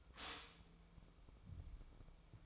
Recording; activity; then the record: daily activity, microphone in the room; stop toaster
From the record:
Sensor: 1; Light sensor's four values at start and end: 9/22/9/10 and 9/22/9/10